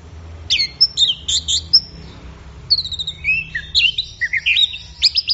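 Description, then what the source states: Orange-headed thrush delivering rapid, varied high whistles and chattering phrases, with a brief lull midway before a busy burst of notes. Gacor (bird in full song) recording, used for training songbirds; offline collection of thrush sounds.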